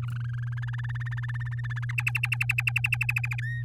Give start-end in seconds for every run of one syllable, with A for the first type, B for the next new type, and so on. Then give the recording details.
0.02-0.54 A, 0.57-1.85 B, 1.89-3.40 C, 3.42-3.63 D. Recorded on 8 May 2018 at 05:37. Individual llb16